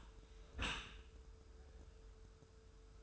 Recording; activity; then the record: daily activity, microphone in the room; close dishwasher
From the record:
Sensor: 2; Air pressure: 1014.8 hPa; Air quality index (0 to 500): 25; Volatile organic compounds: 0 ppm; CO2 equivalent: 500 ppm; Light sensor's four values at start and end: 10/22/9/9 and 10/22/9/9